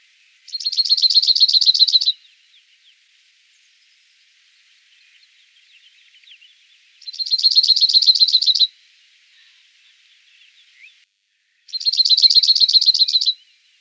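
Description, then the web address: Cirl bunting giving a dry, high, rattling trill of rapid identical notes, each burst about one and a half seconds long, repeated three times with pauses of several seconds. "emberiza cirlus call"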